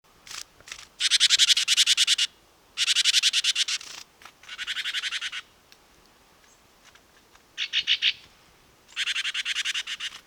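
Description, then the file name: Great tit churr: loud, rasping pulsed rattles, most about a second long, repeated with gaps over faint background hiss. "Parus major"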